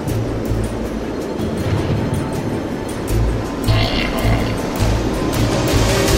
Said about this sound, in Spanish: Un barco se ve envuelto en una tormenta implacable.